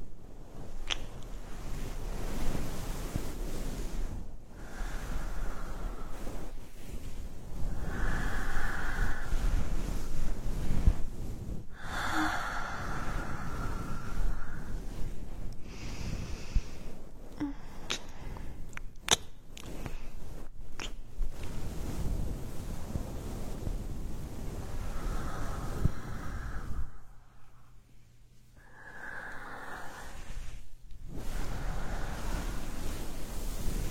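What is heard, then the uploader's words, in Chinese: Ear massage: steady rubbing and brushing against the microphone, a dense, rushing sound like surf or wind with a deep rumble underneath. Brief brighter squeaky strokes come every few seconds, and the sound drops almost to silence around 27 to 30 seconds. 按摩耳朵刺激大脑。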